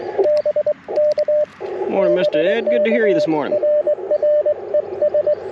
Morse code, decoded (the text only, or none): BK BK RR ES